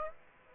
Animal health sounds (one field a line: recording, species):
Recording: mosquito wingbeat signal from an infrared sensor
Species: Aedes aegypti